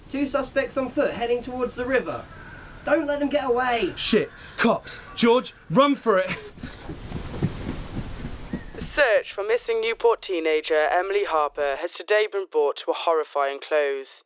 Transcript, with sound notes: Two suspects on foot heading towards the river. Don't let them get away.
Shit, cops. George, run for it!
(WE HEAR THEM RUNNING AWAY FOR A FEW SECONDS. SOUND FADES) The search for missing Newport teenager Emily Harper, has today been brought to a horrifying close.